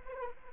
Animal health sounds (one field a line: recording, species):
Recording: mosquito wingbeat signal from an infrared sensor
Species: Anopheles arabiensis